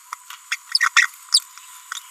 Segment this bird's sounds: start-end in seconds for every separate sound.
0.52-0.55, 0.72-0.88, 0.96-1.06